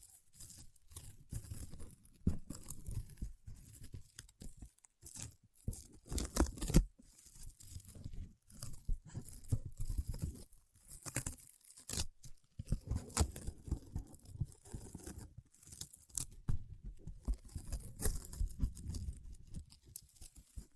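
Paraffin wax peeling and scratching, dense irregular crackles and tearing sounds with sharp bright snaps recurring throughout and brief pauses between bursts.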